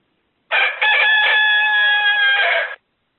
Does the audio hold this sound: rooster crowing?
yes